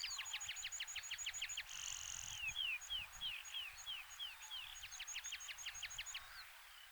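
Meadow pipit song: a fast series of thin repeated notes, then a buzzy trill, a run of slurred descending notes, and another quick series of repeated notes.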